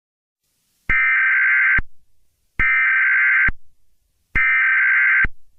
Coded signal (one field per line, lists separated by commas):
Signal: Emergency Alert System (SAME) tones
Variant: header bursts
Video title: EAS scenario: Chicken jockey